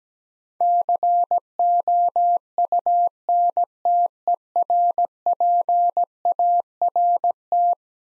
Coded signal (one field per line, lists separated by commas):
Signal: Morse code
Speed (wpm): 17 wpm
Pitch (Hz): 700 Hz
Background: none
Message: COUNTERPART